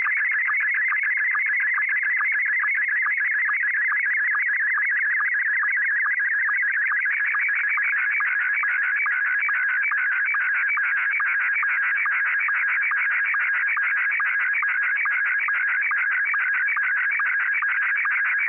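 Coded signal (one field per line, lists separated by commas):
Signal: SSTV (slow-scan television)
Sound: continuous warbling, chirping tone with rapid regular ticks, steady throughout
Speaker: I've selected a photo already on here of me holding a cassette tape which is fitting so what we're going to do is we're going to set up the Tascam 112 cassette deck to record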